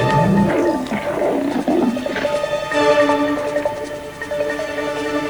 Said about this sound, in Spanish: Son 3 hombres y son 15 leones. Hungry lions. But if they act as one, they might just intimidate the lions and push them off their kill.